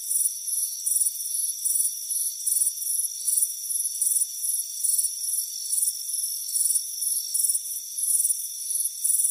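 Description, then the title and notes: Repeated cricket chirps, brief bright pulsing bursts roughly every half to one second, rise above a steady high-pitched insect tone. Crickets chirping on a front porch on a warm afternoon. "Soothing Crickets Chirping Sound. It's a warm afternoon as you relax in a hammock on the front porch. Relax and fall asleep to the soothing sound of chirping crickets. Deep Sleep Sounds"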